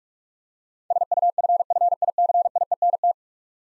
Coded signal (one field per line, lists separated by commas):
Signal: Morse code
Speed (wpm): 46 wpm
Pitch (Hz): 700 Hz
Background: none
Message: SUFFICIENT